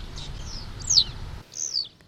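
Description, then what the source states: Western yellow wagtail calls, a few thin high slurred notes sliding downward, the last two loudest, with a low background rumble that stops partway through. Heard live on 14 August 2021.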